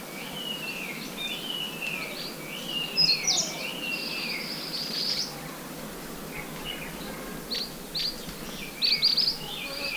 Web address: Eastern Crowned Warbler Song 120415 Guangxi Shanli. pouillot de temminck phylloscopus coronatus